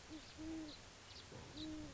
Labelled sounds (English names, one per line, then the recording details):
Great Horned Owl
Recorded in Sonoma County, California